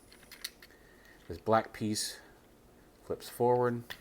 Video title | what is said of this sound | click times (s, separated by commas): Video Review: Transformers Legacy - Voyager BULKHEAD (Prime Universe) | and then this gray piece here at the waist flips and snaps back into place like that | 0.4 s